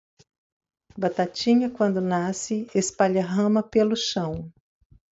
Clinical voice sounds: short text; Brazilian Portuguese; female; 60 to 69 years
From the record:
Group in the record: control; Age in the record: 61 years

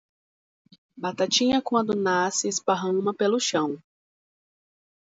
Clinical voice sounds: short text; Brazilian Portuguese; female; 20 to 29 years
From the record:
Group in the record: control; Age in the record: 23 years

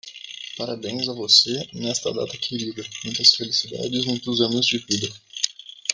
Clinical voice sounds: short text; Brazilian Portuguese; male; 20 to 29 years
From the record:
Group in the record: control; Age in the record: 23 years

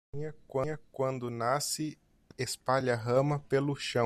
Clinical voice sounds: short text; Brazilian Portuguese; male; 30 to 39 years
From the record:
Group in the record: control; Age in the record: 31 years

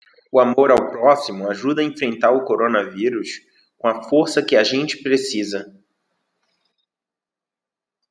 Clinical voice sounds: spoken sentence; Brazilian Portuguese; male; 20 to 29 years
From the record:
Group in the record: control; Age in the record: 28 years

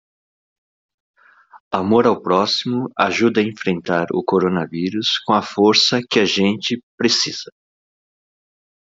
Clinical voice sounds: spoken sentence; Brazilian Portuguese; male; 50 to 59 years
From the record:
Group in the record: control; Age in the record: 56 years

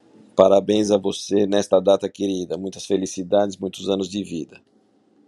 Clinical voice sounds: short text; Brazilian Portuguese; male; 50 to 59 years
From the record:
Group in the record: control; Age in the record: 55 years

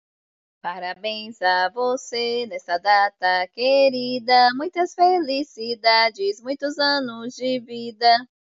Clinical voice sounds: short text; Brazilian Portuguese; female; 40 to 49 years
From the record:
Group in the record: control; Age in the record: 45 years

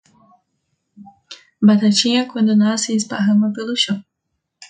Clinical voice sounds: short text; Brazilian Portuguese; female; 20 to 29 years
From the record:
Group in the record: control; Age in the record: 22 years

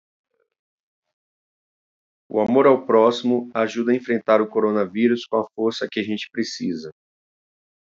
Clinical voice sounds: spoken sentence; Brazilian Portuguese; male; 40 to 49 years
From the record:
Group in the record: control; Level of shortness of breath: 0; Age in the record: 48 years

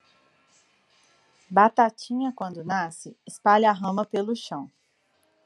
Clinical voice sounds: short text; Brazilian Portuguese; female; 30 to 39 years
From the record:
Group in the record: control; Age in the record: 33 years

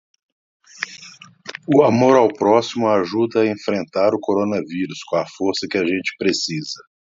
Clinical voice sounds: spoken sentence; Brazilian Portuguese; male; 40 to 49 years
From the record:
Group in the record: control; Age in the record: 49 years

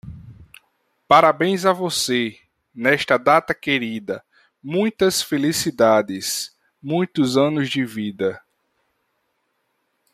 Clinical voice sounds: short text; Brazilian Portuguese; male; 30 to 39 years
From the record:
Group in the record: control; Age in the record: 30 years

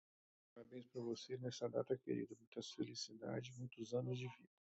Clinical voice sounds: short text; Brazilian Portuguese; male; 50 to 59 years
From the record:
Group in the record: control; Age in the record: 52 years

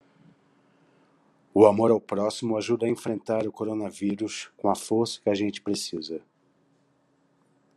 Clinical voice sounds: spoken sentence; Brazilian Portuguese; male; 50 to 59 years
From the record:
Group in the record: control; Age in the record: 56 years

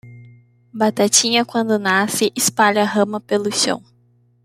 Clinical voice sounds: short text; Brazilian Portuguese; female; 20 to 29 years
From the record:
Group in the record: control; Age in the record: 28 years

